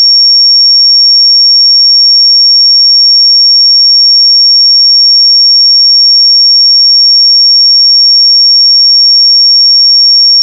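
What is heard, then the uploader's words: A pure sine tone at 5521 Hz sounds without a break, a single thin, bright, high whistle that never wavers in pitch or loudness. It stays perfectly steady for the whole ten seconds with nothing else underneath, ending abruptly at the very end. 5521 Hz 1 Hz Interval Sine Pure Tone Frequency 441000 Sample Mono.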